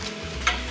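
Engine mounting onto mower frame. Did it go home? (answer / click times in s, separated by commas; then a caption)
yes / 0.5 s. A 16hp Briggs Vanguard V-twin engine is lowered onto a Murray riding mower frame and lined up with the back bolt in the stock hole. Over a steady low hum, a single sharp click is heard at 0.5 s as the engine seats into place on the frame.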